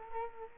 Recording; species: mosquito wingbeat signal from an infrared sensor; Culex quinquefasciatus